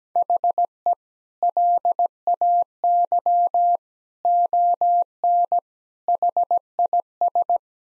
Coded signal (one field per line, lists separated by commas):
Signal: Morse code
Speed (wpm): 17 wpm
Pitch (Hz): 700 Hz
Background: none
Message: HE LAY ON HIS